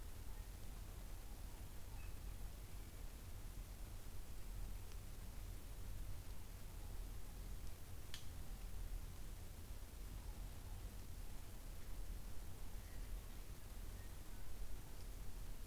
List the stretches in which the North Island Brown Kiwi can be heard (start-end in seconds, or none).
none